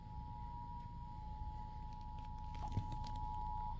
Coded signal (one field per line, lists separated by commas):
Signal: Emergency Alert System (SAME) tones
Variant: 853 and 960 Hz attention tone